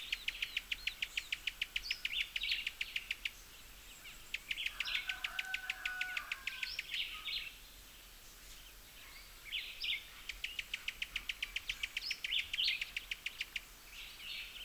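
Cuban tody calling with bursts of rapid dry ticking lasting a few seconds each, mixed with short high chirps, and a lower tonal sound midway through.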